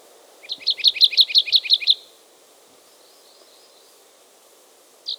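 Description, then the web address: Bird song, a fast trill of several high chirps, then quiet, with a new phrase starting at the end. "ptica v divata priroda"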